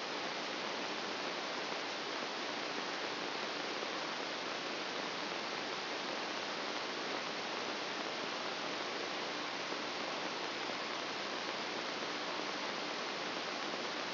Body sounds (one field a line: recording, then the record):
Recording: brain microelectrode recording played as sound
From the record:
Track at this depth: outside the subthalamic nucleus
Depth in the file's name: 2.076 mm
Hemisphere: left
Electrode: 3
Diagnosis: Parkinson's disease